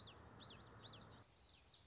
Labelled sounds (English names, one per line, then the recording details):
Common Yellowthroat
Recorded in Sonoma County, California